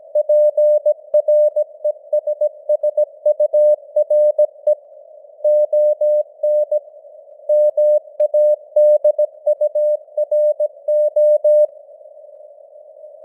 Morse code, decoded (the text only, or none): PRESSURE ON MADURO